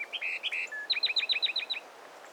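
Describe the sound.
Peruvian wren song: a short whistled phrase with a level note, then a rapid run of sharp, down-slurred notes.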